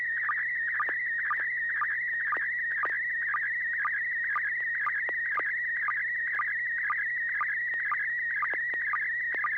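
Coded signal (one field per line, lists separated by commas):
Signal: SSTV (slow-scan television)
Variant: PD120 mode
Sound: warbling, chirping tone with a steady rhythmic tick about twice a second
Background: low hum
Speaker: yep okay well this will be PD 120.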